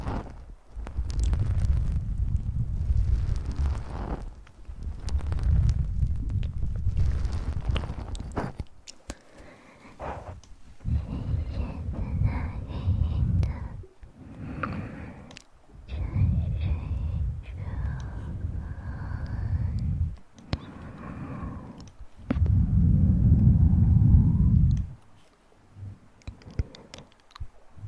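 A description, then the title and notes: Ear massage with mouth sounds: heavy, low rubbing and muffled brushing in long bursts, broken by brief pauses. Around 10 to 22 seconds, wet clicks and soft mouth noises rise above the rubbing. A dense, loud rub near 23 seconds fades to near silence. Ear Massage & Mouth Sounds.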